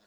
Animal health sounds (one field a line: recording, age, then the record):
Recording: pig call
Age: piglet (1 to 25 days)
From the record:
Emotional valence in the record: positive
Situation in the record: short reunion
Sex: male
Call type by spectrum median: low-frequency call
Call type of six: low-frequency tonal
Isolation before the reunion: 3 minutes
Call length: 0.07 s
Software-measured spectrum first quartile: 730 Hz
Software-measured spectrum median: 1939 Hz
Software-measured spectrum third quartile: 4985 Hz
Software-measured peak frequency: 210 Hz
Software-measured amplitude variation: 4 dB a second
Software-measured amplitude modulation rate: 6.9 a second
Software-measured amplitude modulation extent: 0.5 dB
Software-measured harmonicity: -0.4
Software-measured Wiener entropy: -1.12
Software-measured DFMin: 1008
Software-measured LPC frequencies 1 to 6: 628, 1539, 2318, 3532, 4171, 5089 Hz